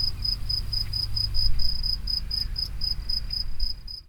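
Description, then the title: Grasshopper pulsing: an even series of quick high chirps that fades out at the end, with low rumbling noise below. Recorded near the Henri Bridge at Niévroz. "Niévroz, Locusts near the Henri Bridge - Criquets vers le Pont Henri"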